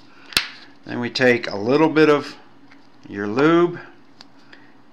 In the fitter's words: of the hemostat and i go in about two clicks make sure it's nice and tight